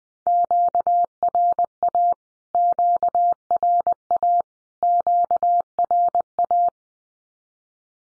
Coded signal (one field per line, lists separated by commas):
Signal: Morse code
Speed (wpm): 20 wpm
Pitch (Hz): 700 Hz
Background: none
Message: QRA QRA QRA